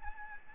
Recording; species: mosquito wingbeat signal from an infrared sensor; Aedes albopictus